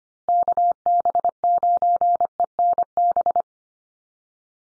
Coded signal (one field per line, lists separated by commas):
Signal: Morse code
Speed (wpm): 25 wpm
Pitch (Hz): 700 Hz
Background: none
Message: KB9ENB